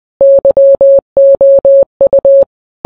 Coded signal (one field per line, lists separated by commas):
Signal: Morse code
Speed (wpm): 20 wpm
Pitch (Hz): 550 Hz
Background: none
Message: YOU